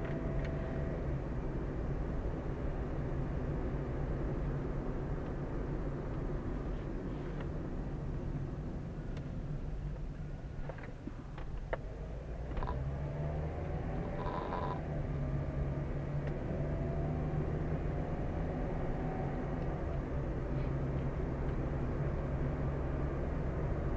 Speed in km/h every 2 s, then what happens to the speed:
34, 36, 37, 32, 21, 11, 16, 25, 31, 37, 40, 43.
0-5 steady at about 36. 5-11 brakes to 11. 11-24 speeds up to 43.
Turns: none.